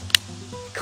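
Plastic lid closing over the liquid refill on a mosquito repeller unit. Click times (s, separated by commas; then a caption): 0.1 s. The plastic lid over the liquid refill cartridge on a Thermacell E55 rechargeable mosquito repeller is closed and snapped shut so no fluid leaks out. A faint tick at 0.1 s is followed by a sharp, bright click at 0.2 s as the lid latches fully, then a softer rustle near the end. The lid is seated and latched.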